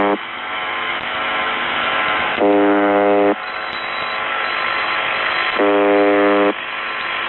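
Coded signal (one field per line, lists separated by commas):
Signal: channel marker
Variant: UVB-76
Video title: UVB-76 spielt Musik und Nachrichten/ UVB-76 Playing Music and Text massage ELH#191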